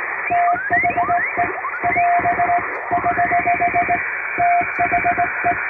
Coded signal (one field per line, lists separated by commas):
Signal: Morse code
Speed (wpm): 20 wpm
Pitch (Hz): 700 Hz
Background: music, radio noise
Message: THE <AS> <HH> THE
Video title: 【実演！通信士がモールス符号を打つ】欧文ＣＷを縦振り電鍵ＨＫ－８０８で叩いてみました。生身のモールス信号で受信練習をしてみませんか(training for radio operator)